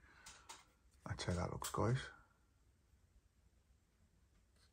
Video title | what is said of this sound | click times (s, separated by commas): Hatchet partworks build RMS Titanic issue 47#titanic#partworks#modelbuilding#titanicstory#foryou | and obviously the little pin into the little hole, and you heard that click. | 0.5 s